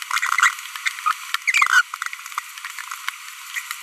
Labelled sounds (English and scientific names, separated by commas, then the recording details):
Green-rumped Parrotlet (Forpus passerinus) babbling
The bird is a female
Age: 25 days
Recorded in a nest box in Venezuela
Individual 17B42B1